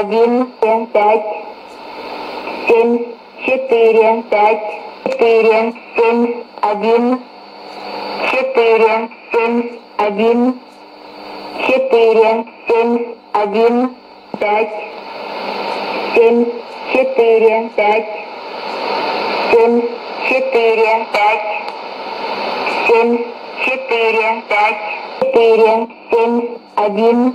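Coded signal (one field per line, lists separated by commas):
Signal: numbers station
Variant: S06s, Russian female voice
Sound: a woman's voice reading short Russian number words at an even rhythm, with brief pauses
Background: radio static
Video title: 01 03 2017 Numbers station S06s Russian Lady in Russian to Eu 0830 on 9255, 11530 unknown tx site in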